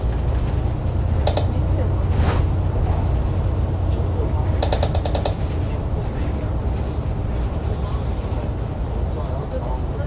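Inside a moving bus, a steady low rumble of the engine and road fills the clip, with the body rattling and jolting throughout. Indistinct voices murmur in the background, and brief bright clicks and clatters appear around two, five and nine seconds.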